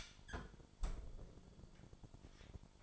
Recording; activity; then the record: daily activity, microphone in the room; close fridge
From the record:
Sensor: 5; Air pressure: 1007.9 hPa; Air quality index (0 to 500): 89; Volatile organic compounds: 1 ppm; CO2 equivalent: 701 ppm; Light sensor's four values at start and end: 39/90/37/39 and 39/88/37/38